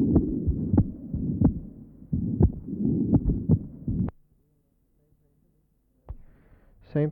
Patient has severe mitral insufficiency. Recording taken at pulmonary area. The wide splitting of the second sound.